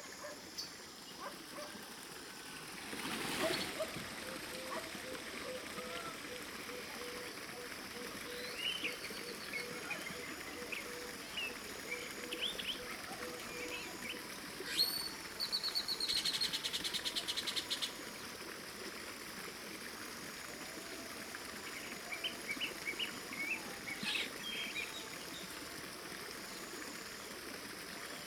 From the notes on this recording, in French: Collection de field recordings autour du thème de la jungle